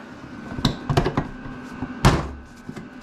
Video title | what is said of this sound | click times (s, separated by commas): Cheap Reupholstery Solution for my Polaris Switchback 600 HO | Locks into place | 2.0 s